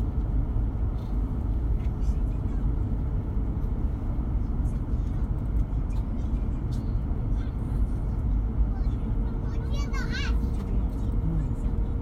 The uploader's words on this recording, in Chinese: 火车旅行。上一趟年代久远的火车。地点：火车上。各种耳语迎面铺来。